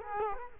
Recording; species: mosquito wingbeat signal from an infrared sensor; Culex quinquefasciatus